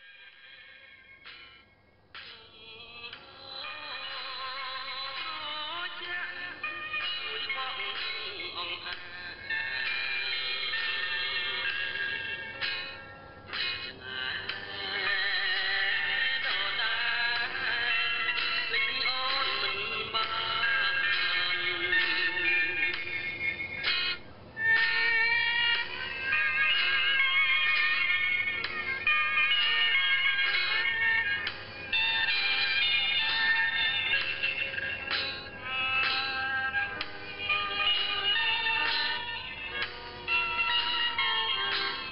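Cambodian music with a male singer and band comes through a shortwave radio, thin and boxy, with the top end cut off. The music is dense and steady after a quiet start, with brief dropouts near 13 and 24 seconds over a constant low hum.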